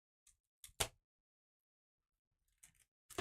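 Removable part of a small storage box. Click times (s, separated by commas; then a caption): 0.8 s. A removable part of a small storage box is taken out and fitted back in, giving a sharp click at 0.8 s as it seats into place. Softer ticks come before it at about 0.3 s and 0.6 s, and after a quiet gap more light clicks follow around 2.6 s and 3.1 s.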